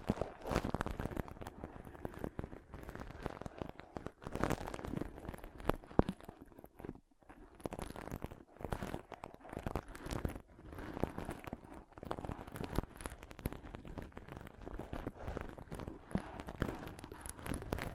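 Pom poms are scrunched and rubbed in dense, crackly bursts of soft crunching, with brief pauses near seven, eight and ten seconds.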